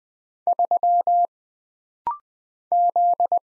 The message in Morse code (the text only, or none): 3 Z